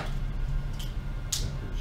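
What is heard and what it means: A replacement battery pack is fitted onto a handheld radio after the old pack has been taken off. A low steady hum runs under faint handling noise until a single sharp snap at 1.3 s, when the pack seats into place.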